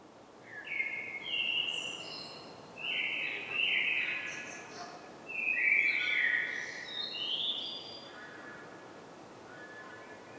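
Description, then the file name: Common blackbird singing fluty, whistled phrases that warble between mid and higher pitches, several phrases in sequence with brief pauses, ending in softer high twittering. "Turdus merula"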